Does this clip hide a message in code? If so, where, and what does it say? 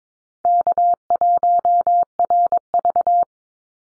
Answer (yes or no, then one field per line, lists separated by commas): yes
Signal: Morse code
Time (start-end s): 0.5-3.2 s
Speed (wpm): 22 wpm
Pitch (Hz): 700 Hz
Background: none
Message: K1RV